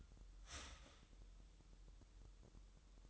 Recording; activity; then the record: daily activity, microphone in the room; start toaster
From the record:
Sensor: 3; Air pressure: 988.6 hPa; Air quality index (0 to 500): 194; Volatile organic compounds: 298 ppm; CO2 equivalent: 4476 ppm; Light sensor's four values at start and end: 23/72/30/26 and 23/72/30/26